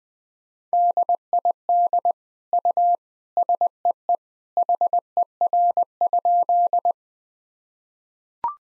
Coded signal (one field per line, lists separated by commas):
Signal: Morse code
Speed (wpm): 20 wpm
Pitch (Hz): 700 Hz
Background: none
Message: DID U SEE HER?